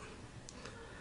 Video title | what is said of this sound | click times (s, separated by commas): How to replace an iPhone 3G Screen.mp4 | down until you feel it click back into place | 0.5 s